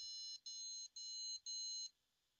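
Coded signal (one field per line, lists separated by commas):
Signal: beep code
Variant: ASRock motherboard POST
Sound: four buzzy electronic beeps in a steady rhythm, then quiet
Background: quiet room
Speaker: interesting we have how many beep codes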